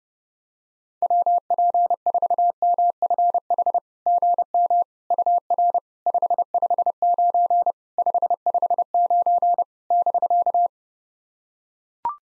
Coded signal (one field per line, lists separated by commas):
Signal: Morse code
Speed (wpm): 32 wpm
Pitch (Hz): 700 Hz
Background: none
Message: WP4MFH GM UR 559 559 <BK>